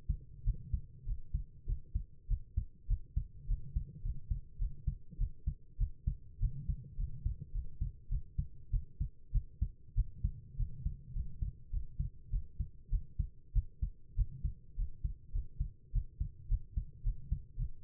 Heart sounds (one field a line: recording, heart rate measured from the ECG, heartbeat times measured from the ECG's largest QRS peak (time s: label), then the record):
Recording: heart sounds by stethoscope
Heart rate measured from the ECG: 102 bpm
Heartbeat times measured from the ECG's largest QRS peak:
0.43 s: heartbeat
1.05 s: heartbeat
1.65 s: heartbeat
2.27 s: heartbeat
2.87 s: heartbeat
3.47 s: heartbeat
4.02 s: heartbeat
4.58 s: heartbeat
5.17 s: heartbeat
5.77 s: heartbeat
6.39 s: heartbeat
6.96 s: heartbeat
7.52 s: heartbeat
8.08 s: heartbeat
8.70 s: heartbeat
9.31 s: heartbeat
9.94 s: heartbeat
10.56 s: heartbeat
11.13 s: heartbeat
11.70 s: heartbeat
12.30 s: heartbeat
12.89 s: heartbeat
13.52 s: heartbeat
14.15 s: heartbeat
14.76 s: heartbeat
15.32 s: heartbeat
15.92 s: heartbeat
16.48 s: heartbeat
17.03 s: heartbeat
17.56 s: heartbeat
From the record:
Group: healthy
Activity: rest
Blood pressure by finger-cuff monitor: 128/77 mmHg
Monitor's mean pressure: 92 mmHg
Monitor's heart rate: 100 bpm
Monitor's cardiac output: 8 L/min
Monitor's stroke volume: 79 mL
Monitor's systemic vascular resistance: 840 dyn s/cm5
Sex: female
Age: 19 years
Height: 163 cm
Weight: 51 kg